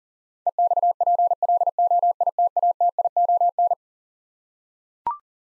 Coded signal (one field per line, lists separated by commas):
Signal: Morse code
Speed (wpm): 37 wpm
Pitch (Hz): 700 Hz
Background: none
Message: EXPLOITATION